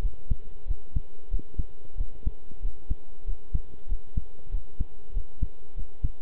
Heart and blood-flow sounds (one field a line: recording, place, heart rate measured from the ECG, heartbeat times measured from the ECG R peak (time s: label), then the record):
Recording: heart sounds by stethoscope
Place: between the tricuspid and mitral areas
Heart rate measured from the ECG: 94 bpm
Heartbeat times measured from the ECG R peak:
0.02 s: heartbeat
0.67 s: heartbeat
1.30 s: heartbeat
1.97 s: heartbeat
2.61 s: heartbeat
3.26 s: heartbeat
3.88 s: heartbeat
4.51 s: heartbeat
5.13 s: heartbeat
5.76 s: heartbeat
From the record:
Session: pedaling a stationary bicycle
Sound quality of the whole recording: good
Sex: male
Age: 23 years